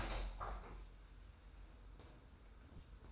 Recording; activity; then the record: daily activity, microphone in the room; open window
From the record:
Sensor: 2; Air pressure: 990.2 hPa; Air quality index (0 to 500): 204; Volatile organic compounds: 1000 ppm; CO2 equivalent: 6531 ppm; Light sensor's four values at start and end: 23/55/22/22 and 24/56/23/23